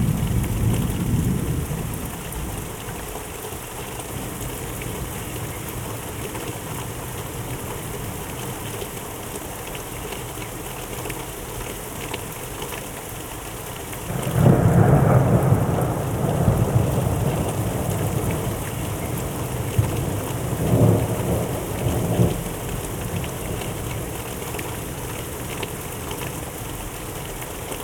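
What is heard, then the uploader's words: A thunderstorm with steady, dense rain throughout, deep rumbles of thunder near the start, a louder roll around fifteen seconds, another near twenty-one. Thunderstorm for Deep Slumber.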